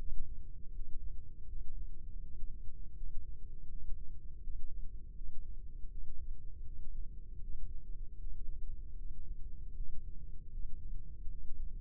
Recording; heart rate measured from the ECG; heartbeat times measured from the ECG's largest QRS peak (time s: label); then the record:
heart sounds by microphone in the left ear; 80 bpm
0.71 s: heartbeat
1.45 s: heartbeat
2.19 s: heartbeat
2.93 s: heartbeat
3.67 s: heartbeat
4.40 s: heartbeat
5.13 s: heartbeat
5.88 s: heartbeat
6.63 s: heartbeat
7.40 s: heartbeat
8.17 s: heartbeat
8.95 s: heartbeat
9.73 s: heartbeat
10.49 s: heartbeat
11.27 s: heartbeat
From the record:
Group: healthy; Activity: breath hold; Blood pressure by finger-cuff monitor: 99/63 mmHg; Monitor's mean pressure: 72 mmHg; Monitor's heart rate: 80 bpm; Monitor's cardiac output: 5.1 L/min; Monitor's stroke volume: 64 mL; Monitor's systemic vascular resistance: 1000 dyn s/cm5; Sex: female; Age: 32 years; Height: 168 cm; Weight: 61.9 kg